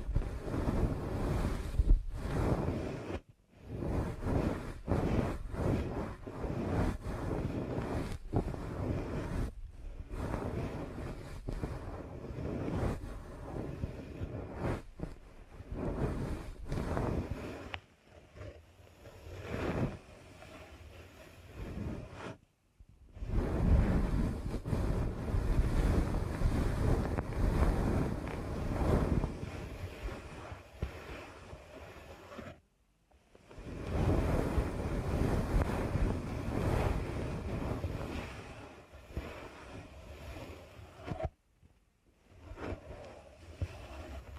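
Deep ear canal massage, a thick, muffled rubbing and rustling that rumbles low and sounds like wind or surf against the microphone. The friction pulses unevenly, breaking into brief silent gaps around 3, 18, 22, 33 and 42 seconds before resuming.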